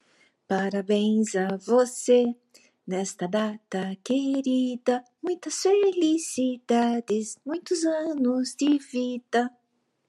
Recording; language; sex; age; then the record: short text; Brazilian Portuguese; female; 60 to 69 years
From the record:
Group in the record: control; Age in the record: 63 years